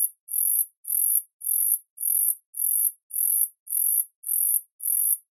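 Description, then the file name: Grasshopper stridulating: a steady series of high, hissing buzzy bursts, each about a third of a second long and repeated roughly twice per second, with short silences between them. "zapsplat animals insects grasshopper"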